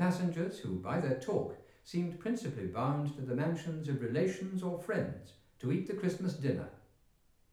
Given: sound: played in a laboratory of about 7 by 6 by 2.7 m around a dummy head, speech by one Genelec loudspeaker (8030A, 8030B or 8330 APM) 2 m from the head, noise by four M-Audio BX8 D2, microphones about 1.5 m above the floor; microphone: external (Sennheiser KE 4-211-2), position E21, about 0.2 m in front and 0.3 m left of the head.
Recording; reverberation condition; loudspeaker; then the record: male speech in English; medium; behind (180 degrees)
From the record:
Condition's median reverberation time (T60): about 510 ms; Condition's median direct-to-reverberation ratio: about -0.5 dB